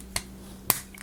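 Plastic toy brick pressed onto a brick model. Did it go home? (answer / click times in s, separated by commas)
yes / 0.7 s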